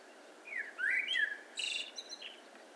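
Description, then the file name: Eurasian blackbird song: slurred, sliding whistles, then a burst of thin, high twittering notes. "Turdus merula"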